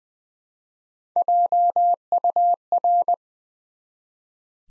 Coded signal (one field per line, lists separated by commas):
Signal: Morse code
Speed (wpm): 20 wpm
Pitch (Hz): 700 Hz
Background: none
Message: JUR